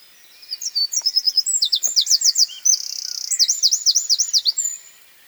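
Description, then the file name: Eurasian wren song, a loud, rapid burst of very high trills and sharp rattling notes lasting about four and a half seconds. "Troglodytes troglodytes"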